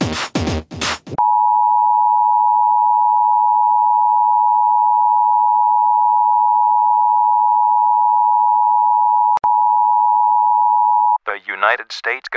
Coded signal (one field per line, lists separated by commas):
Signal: Emergency Alert System (SAME) tones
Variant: 853 and 960 Hz attention tone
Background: speech, music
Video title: Emergency Alert System